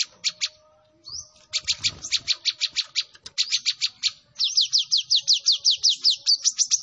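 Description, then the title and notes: Sunbird song: rapid series of very high, thin chirps in dense trilled runs, with brief pauses between runs. Kolibri ninja bird singing actively, with full fills and showy bursts, used as a lure for other birds. "MASTERAN KOLIBRI NINJA FULL ISIAN DAN TEMBAKAN MEWAH COCOK BUAT PANCINGAN. Suara Burung Kolibri Ninja Gacor"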